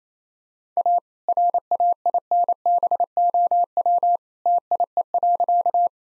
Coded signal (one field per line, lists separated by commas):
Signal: Morse code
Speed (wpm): 27 wpm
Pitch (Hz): 700 Hz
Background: none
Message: A RAINBOW TIE.